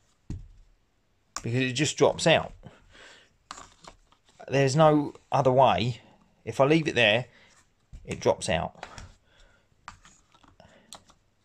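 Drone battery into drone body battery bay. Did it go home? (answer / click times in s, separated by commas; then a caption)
yes / 10.9 s. Someone talks while a drone's plastic battery pack, which drops out of the drone body's battery bay when left loose, is handled, with scattered soft clicks. The pack is then pushed forward into the bay, and a sharp click at 10.9 s marks the retaining clip engaging, leaving the battery seated in place.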